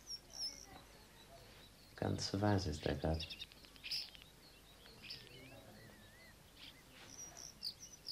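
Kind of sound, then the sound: bird, starlings chirping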